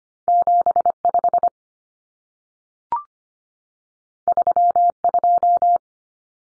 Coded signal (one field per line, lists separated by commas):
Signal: Morse code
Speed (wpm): 25 wpm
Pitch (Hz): 700 Hz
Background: none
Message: 75 32